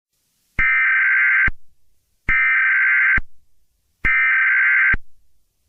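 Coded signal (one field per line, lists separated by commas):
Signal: Emergency Alert System (SAME) tones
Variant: header bursts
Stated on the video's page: Fictional hypothetical EAS scenario about the world sinking into the oceans.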